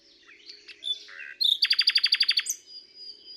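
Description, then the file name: Common nightingale song: a few soft chirps, then a loud fast run of about a dozen identical staccato notes, ending in a thin high note. "Luscinia megarhynchos"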